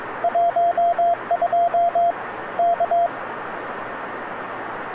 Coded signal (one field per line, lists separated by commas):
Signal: Morse code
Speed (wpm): 22 wpm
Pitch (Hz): 690 Hz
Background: radio noise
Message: 12 K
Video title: KFS station 12695.5 KHz